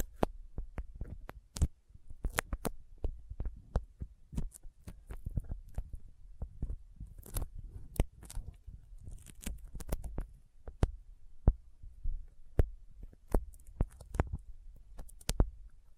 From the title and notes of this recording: ASMR Intense Sticky Finger Sounds (No Talking).